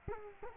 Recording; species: mosquito wingbeat signal from an infrared sensor; Culex quinquefasciatus